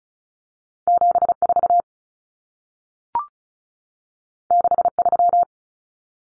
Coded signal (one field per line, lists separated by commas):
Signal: Morse code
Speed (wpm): 36 wpm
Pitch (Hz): 700 Hz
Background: none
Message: 74 63